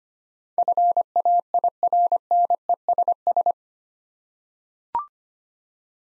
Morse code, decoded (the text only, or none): FAIRNESS